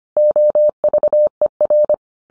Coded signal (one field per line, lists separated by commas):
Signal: Morse code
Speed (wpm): 25 wpm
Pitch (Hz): 600 Hz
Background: none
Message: OVER